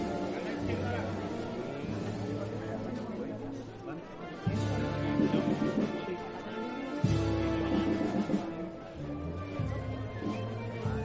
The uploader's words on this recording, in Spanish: Sonidos del trasncurrir del paso de María Santísima de Salud y Esperanza por el barrio de San Benito en su regreso tras haber participado del Vía Lucis Mariano. Acompaña la Banda de Música Nuestra Señora del Carmen de Salteras.